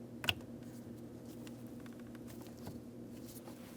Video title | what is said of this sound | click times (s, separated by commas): How to Replace HVAC Blower Motor Assembly 2007-2014 Ford Edge | Align it, press it in, listen for a click, double check to make sure it's secure. | 0.3 s